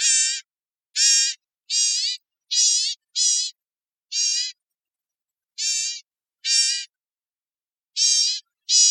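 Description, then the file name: Bird calls, harsh nasal squawks rich in harmonics, given in an uneven series of about ten over nine seconds with gaps between them; nothing else is heard. Costa Rica. "CR BCGN CALLS"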